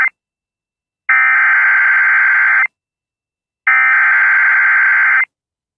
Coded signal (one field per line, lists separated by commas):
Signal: Emergency Alert System (SAME) tones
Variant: header bursts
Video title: Giant NC And VA SVR EAS #671